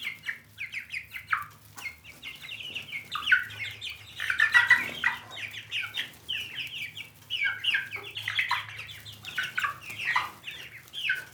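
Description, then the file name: Chickens calling, many overlapping short chirping and clucking notes that rise and fall, a busy continuous chatter throughout. "duck chickens"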